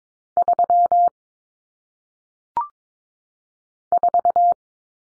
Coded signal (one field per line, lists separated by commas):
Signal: Morse code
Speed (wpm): 22 wpm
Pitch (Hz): 700 Hz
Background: none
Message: 3 4